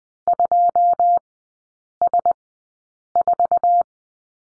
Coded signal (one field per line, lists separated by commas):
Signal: Morse code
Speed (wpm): 20 wpm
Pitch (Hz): 700 Hz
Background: none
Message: 2S4